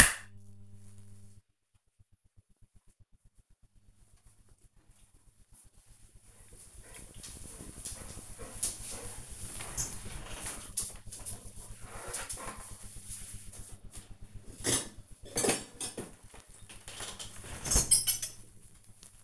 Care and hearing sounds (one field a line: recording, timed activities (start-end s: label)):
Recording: household activities, microphone on the right wrist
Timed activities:
none